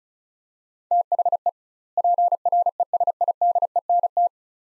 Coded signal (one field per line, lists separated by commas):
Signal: Morse code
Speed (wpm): 36 wpm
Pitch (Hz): 700 Hz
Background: none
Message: THE PRESIDENT